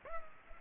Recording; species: mosquito wingbeat signal from an infrared sensor; Culex pipiens